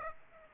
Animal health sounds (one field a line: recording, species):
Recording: mosquito wingbeat signal from an infrared sensor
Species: Aedes aegypti